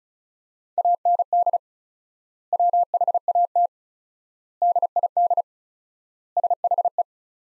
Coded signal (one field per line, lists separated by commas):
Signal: Morse code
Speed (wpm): 34 wpm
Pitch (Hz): 700 Hz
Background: none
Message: AND WHAT DID SHE